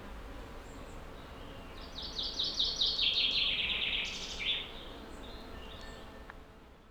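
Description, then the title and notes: Common chaffinch singing one full phrase midway: a slightly descending trill closing with a flourish, quiet forest background before and after. Chaffinch singing in a forest at Montcel, Savoie, France; binaural recording. "Village Tipi, Route du Revard, Chalets de la Clusaz, Montcel, Chambéry, Savoie, Auvergne-Rhône-Alpes, France métropolitaine, , France - Pinson. Dans la forêt un pinson envoie sa ritournelle on entends aussi des insectes volants passer rapidement . Captation binaurale"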